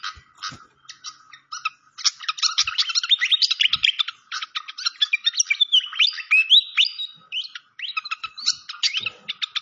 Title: Masteran Sikatan Kipas Suara Jernih Dan Suara Gemericik Air